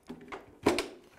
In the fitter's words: können sie nun einrasten lassen